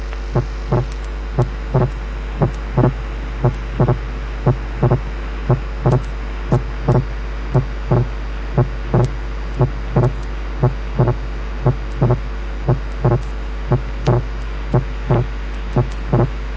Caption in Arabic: السبيتنج موجود على طول في الاكسبيريشن والانسبيريشن. السبيتنج ساعات بيبقى نارو وساعات بيبقى وايد، انما موجود باستمرار، وده بيحصل في حالات. الرايت باندل برانش بلوك.